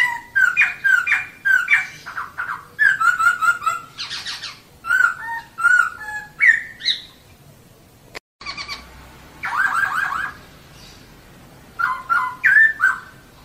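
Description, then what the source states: Laughingthrush song of varied loud phrases, looping whistles mixed with harsh rasping notes, repeated in quick succession with a short break midway. Long rolling song (ngeroll panjang), used to train cage birds.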